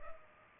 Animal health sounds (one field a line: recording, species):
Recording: mosquito wingbeat signal from an infrared sensor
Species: Culex pipiens